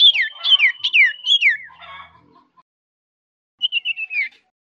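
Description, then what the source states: Common iora whistled calls: a run of clear notes sliding steeply downward, repeated about every half second, followed after a pause by a shorter falling series. Common iora whistling, used as a lure (pancingan).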